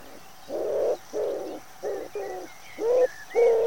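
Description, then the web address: Common wood pigeon giving repeated hoarse low coos, six short notes in under four seconds. "cianscape. Deverinetal"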